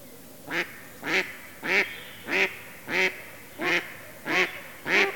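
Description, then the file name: Mallard repeating eight loud, nasal quacks at an even pace, roughly one every 0.6 seconds. "Digiffects Sound Effects Library - Mallard Duck Quacking"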